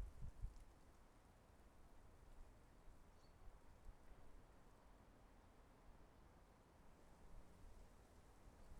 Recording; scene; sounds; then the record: everyday scene through a hearing-aid microphone; wind on the microphone; wind, traffic, birds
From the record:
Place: suburban garden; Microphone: behind the ear, left, rear